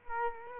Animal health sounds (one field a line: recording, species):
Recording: mosquito wingbeat signal from an infrared sensor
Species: Culex quinquefasciatus